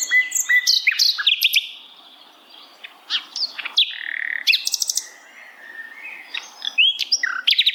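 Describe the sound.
Bird song mixing slurred whistles with chips and short buzzy bursts, delivered in irregular phrases separated by brief pauses.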